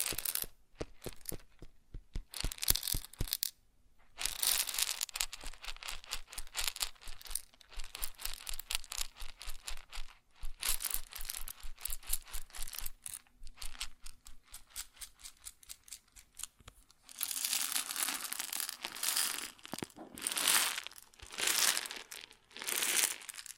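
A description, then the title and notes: Grain rattles and crackles in dense bursts of tiny bright clicks, rapid and irregular, with a crinkling texture. The flow stops briefly near 4, 10 and 16 seconds, then returns thickest and loudest from about 17 to 22 seconds. ASMR Grain Sounds (No Talking).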